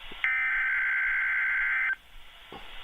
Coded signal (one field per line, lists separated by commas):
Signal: Emergency Alert System (SAME) tones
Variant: header bursts